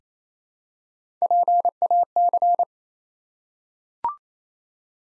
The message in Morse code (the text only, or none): PAC